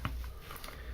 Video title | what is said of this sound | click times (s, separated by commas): Upgrading Sound On Intermountain GEVO Locomotives | it snaps right into place | 0.1 s